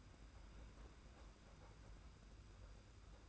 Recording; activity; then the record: daily activity, microphone in the room; open fridge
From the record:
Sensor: 2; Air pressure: 991.7 hPa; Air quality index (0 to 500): 221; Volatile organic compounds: 1000 ppm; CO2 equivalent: 7391 ppm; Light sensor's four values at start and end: 26/81/32/29 and 26/81/32/29